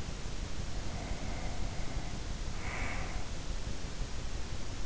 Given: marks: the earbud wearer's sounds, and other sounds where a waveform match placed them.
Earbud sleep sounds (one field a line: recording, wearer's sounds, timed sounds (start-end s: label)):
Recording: sounds in sleep by an in-ear microphone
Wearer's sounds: breath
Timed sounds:
0.69-3.31 s: breath